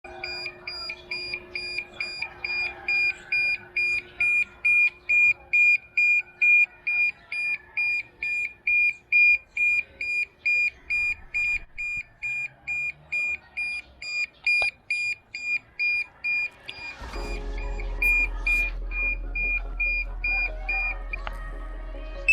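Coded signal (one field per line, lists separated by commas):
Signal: beep code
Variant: DJI Mini 2 controller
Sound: continuous fast high-pitched beeping, roughly two short beeps per second, then stops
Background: faint background noise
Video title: DJI MINI 2 | What to do when the DJI Mini 2 CONTROLLER makes a BEEPING SOUND when turned on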